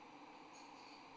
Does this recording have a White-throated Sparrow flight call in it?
no